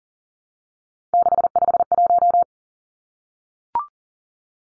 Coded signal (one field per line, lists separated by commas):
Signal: Morse code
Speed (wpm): 40 wpm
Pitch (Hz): 700 Hz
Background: none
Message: 651